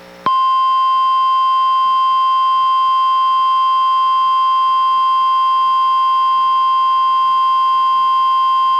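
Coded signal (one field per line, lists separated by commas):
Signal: Emergency Alert System (SAME) tones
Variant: 1050 Hz attention tone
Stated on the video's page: NOAA Weather Radio weekly test relayed by the Astoria transmitter, received on a Reecom R-1630 weather radio and recorded through a Zoom H1.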